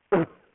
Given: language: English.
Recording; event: throat vibration sensor signal played as sound; cough